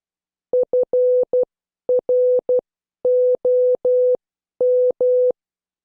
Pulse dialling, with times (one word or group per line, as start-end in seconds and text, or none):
none